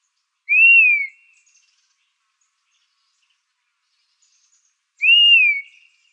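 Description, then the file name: Dusky-capped flycatcher giving two plaintive downslurred whistles about four and a half seconds apart, with silence between. Arizona, 15 July 2006. "DCFL 2 deviche"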